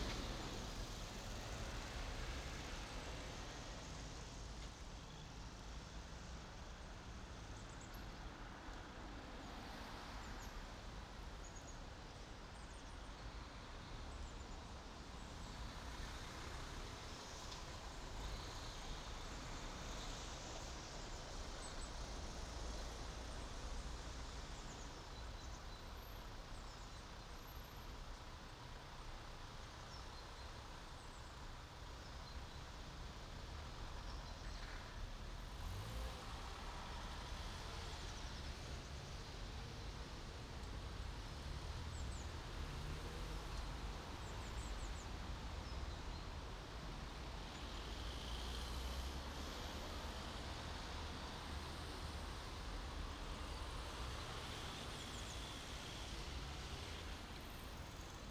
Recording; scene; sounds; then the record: everyday scene through a hearing-aid microphone; in traffic; traffic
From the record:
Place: main city hub, rush hour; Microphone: in the ear canal, right